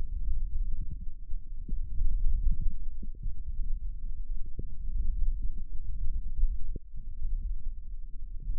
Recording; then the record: forearm muscle sounds (acoustic myography)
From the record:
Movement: hand opening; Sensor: system 1, eight BSWA MPA416 microphones around the upper forearm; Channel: 8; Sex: male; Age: 18 years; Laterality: right